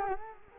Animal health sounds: mosquito wingbeat signal from an infrared sensor; Culex quinquefasciatus

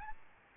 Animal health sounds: mosquito wingbeat signal from an infrared sensor; Aedes albopictus

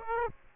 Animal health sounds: mosquito wingbeat signal from an infrared sensor; Aedes aegypti

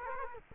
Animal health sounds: mosquito wingbeat signal from an infrared sensor; Culex quinquefasciatus

